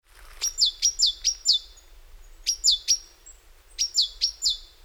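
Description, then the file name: Great tit singing three quick phrases of several sharp notes, each note a downslurred whistle, with short pauses between the phrases. "Parus major"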